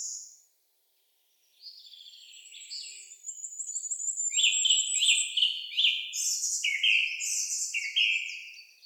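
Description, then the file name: Song thrush song: a short note, a pause, then varied high phrases, several repeated two or three times. Recorded 25 April 2015. "Singdrossel Turdus philomelos 20150425"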